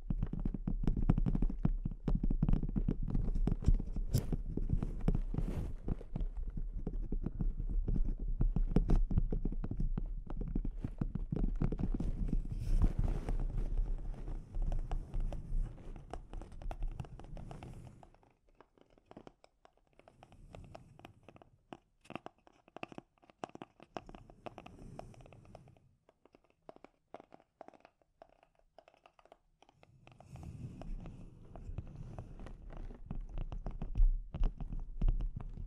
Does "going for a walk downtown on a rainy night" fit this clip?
no